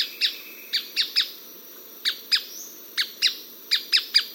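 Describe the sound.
Striated softtail uttering crisp high chips in short groups of two or three, separated by brief pauses, with little else audible.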